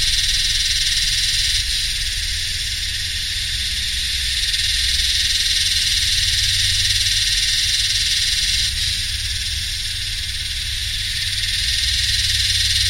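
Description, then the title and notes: Yellowbelly cicada chorus, a constant shrill buzzing over a steady low machine drone. Psaltoda harrisii, several cicadas singing in the heat with humming machines, subtropical dry sclerophyll forest and heathland, Royal National Park, NSW, Australia, 7 December 2015, early summer. "My Yellowbelly friends (Psaltoda harrisii) singing in the heat along with some humming machines in a mixture of subtropical dry scherlophyll forest and heathland. 7th of December, 2015 (Royal National Park, NSW, Australia.)"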